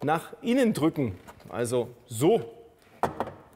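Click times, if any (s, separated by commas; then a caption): 3.0 s, 3.2 s. A removal tool is slid under the rubber seal of a van body and the plastic A-pillar trim panel is pushed inward while someone talks. The panel's retaining clips unlatch with sharp clicks at 3.0 s and 3.2 s, releasing the trim.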